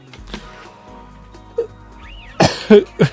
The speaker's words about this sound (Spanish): ¿Qué tiene que ver la tos?